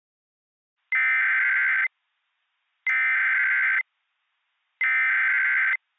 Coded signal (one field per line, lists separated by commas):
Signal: Emergency Alert System (SAME) tones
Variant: header bursts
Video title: EAS Scenario - Zombies Invade Show Low